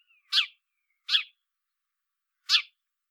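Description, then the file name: House sparrow chirping: three short, harsh chirps at uneven intervals, separated by stretches of silence. "Passer domesticus"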